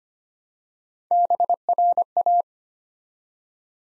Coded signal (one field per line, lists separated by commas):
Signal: Morse code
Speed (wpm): 25 wpm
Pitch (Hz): 700 Hz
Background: none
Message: BRA